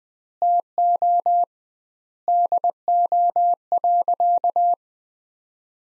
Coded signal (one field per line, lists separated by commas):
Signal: Morse code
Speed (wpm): 20 wpm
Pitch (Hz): 700 Hz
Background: none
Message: TO DO.